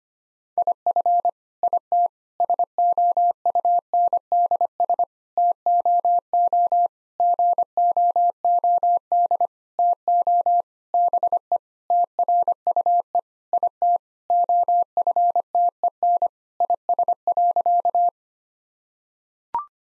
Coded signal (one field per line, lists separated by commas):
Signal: Morse code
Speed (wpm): 25 wpm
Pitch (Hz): 700 Hz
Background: none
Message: IF IT SOUNDS TOO GOOD TO BE TRUE IT OFTEN IS.